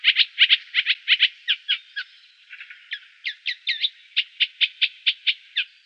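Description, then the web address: Eurasian reed warbler song: a steady series of repeated harsh notes, with a brief quieter gap near the middle before the rhythm resumes. "Schulze Peter Reed Warbler song"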